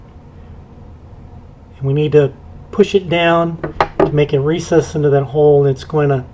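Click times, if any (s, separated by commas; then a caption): none. A disconnector spring is lined up over its recess in an AR-15 trigger's disconnector, ready to be pushed down into it. Someone talks over faint background noise, with no distinct handling sounds. The spring has not seated or clicked yet.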